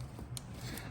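A plastic electrical connector near the upper control arm on the front suspension of a 2000-2006 Toyota Tundra is plugged into its mating plug. It gives one sharp, bright snap at 0.4 s, with a fainter tick around 0.8 s over low background noise. The connector locks and is seated.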